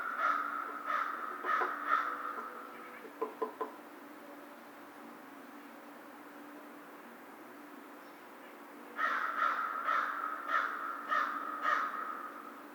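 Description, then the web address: American crow giving a burst of rapid hoarse caws, a few clicky notes, a long quiet gap, then another run of caws against steady hiss. Recorded on 2 March 2010. "Crow 2010 03 02 American Crow"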